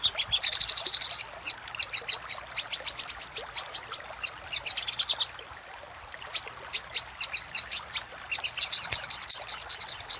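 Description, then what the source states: Little spiderhunter giving rapid, high, metallic chip notes in long trains, broken by brief gaps and a thin drawn-out whistle midway. Used for training cage birds.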